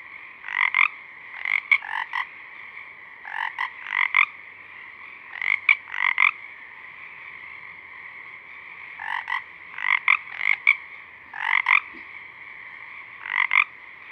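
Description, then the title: Pacific chorus frogs calling, clusters of quick rattling croaks separated by pauses, against a steady background chorus. Several small frogs singing at dusk, recorded through a parabolic reflector; also recorded simultaneously by a mid-side rig 50 feet away. "Pacific Chorus Frogs (Pseudacris regilla), dusk"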